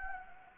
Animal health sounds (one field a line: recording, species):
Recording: mosquito wingbeat signal from an infrared sensor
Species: Anopheles gambiae